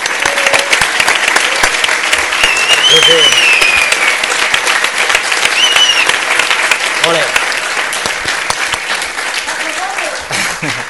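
Sustained applause from a live audience at a Spanish-language event, the first applause of the afternoon, given to the weekly followers. A dense steady patter of clapping lasts about ten seconds, with a few cheers and whistles rising above it before it tapers slightly at the end.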